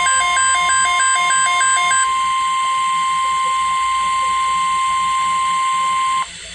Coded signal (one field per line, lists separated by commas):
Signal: Emergency Alert System (SAME) tones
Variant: 1050 Hz attention tone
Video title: SVA#677(EAS#521)